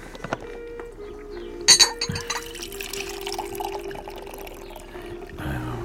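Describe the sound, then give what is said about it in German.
Coffee is poured into a cup in a steady, continuous stream, with a brief clink of crockery early on and a faint ringing tone as the cup fills. “Gehst du mir noch einen Schluck Kaffee ein?”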